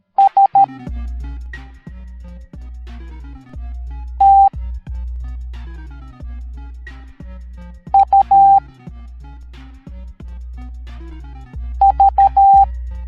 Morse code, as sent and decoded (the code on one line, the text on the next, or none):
... / - / ..- / ...-
S T U V